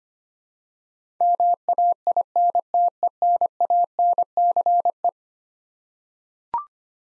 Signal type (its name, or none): Morse code